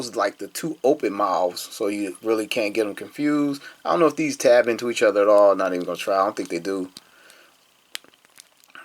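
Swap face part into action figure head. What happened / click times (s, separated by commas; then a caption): The small plastic face piece snapped into place / 8.0 s. A laughing face part is pressed into the plastic head of a Second Form Frieza action figure after someone talks. The face piece pops into the head with a sharp click at 7.9 s, followed by a few faint plastic ticks as it settles, seated.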